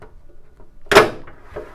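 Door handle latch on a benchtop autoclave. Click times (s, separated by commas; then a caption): 0.9 s. Someone closes the door of a benchtop autoclave sterilizer, lifting the handle, pushing the door in and pushing the handle down so the metal door latch engages. Faint handling sounds lead to a sharp, loud metallic click at 0.9 s with a ringing tail, followed by a softer click near 1.3 s and a light knock near 1.6 s. The door latch clicks shut and is seated.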